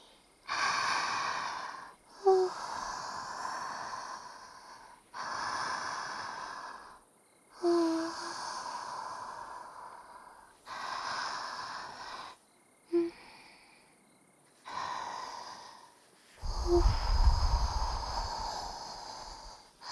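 Foxtail grass gently brushes over a microphone's ears in about eight soft, airy swishing strokes at a slow, steady rhythm as a massage, some with tiny ticks, and a low rumble under the last stroke. No one speaks.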